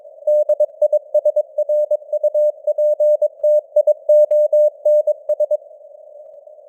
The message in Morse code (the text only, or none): DISRUPTIONS